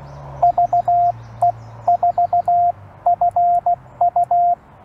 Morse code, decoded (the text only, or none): VE4FU